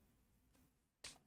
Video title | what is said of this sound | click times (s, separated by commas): How to Use the Oval Brush Attachment with the Aire 360 | kind of hearing it click into place | 1.0 s